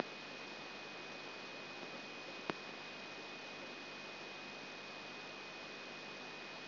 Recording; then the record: brain microelectrode recording played as sound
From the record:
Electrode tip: outside the subthalamic nucleus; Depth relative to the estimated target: -4 mm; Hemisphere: left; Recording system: AlphaMap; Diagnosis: Parkinson's disease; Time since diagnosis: 12 years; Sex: female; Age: 47 years